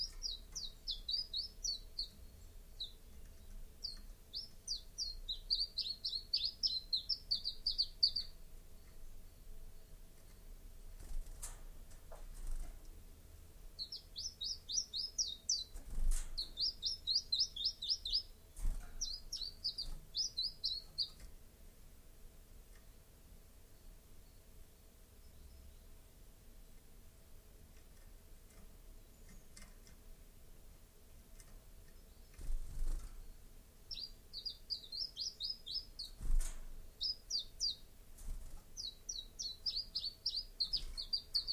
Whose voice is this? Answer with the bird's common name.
Common Chiffchaff